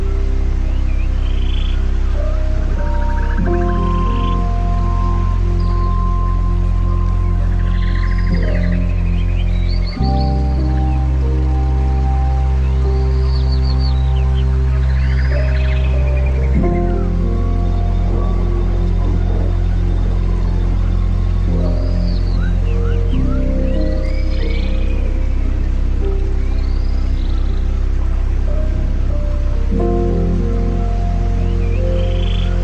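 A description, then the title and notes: Rainforest sounds of frogs and chirping calls repeat in bright bursts every few seconds over a deep, steady drone. The low layer is loud, and it shifts to a new sustained chord roughly every six or seven seconds. Sleeping in the Rainforest.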